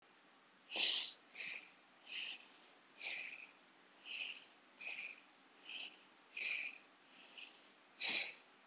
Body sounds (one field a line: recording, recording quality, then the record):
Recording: shallow breathing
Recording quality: excellent, no background noise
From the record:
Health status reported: healthy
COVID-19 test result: negative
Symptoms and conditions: none ticked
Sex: male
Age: 23 years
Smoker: not ticked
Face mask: not worn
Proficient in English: yes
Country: India